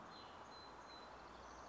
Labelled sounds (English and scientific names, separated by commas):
Song Sparrow (Melospiza melodia)